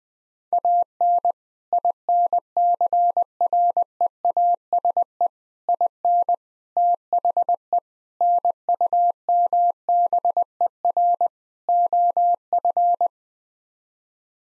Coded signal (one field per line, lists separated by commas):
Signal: Morse code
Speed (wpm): 21 wpm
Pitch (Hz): 700 Hz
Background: none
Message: AN INCREASE IN THE NUMBER OF